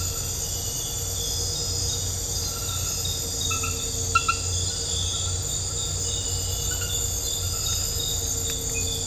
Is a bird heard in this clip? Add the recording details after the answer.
no. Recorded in dense forest near Puerto Asís, Putumayo, Colombia, on 4 March 2025 at 01:00. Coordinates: 0.468, -76.322. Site GP01